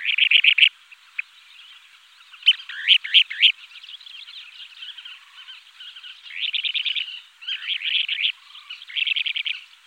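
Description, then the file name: Kentish plover calls in quick rattling bursts of rapid high notes, several trills separated by brief pauses. "chorlitejo patinegro"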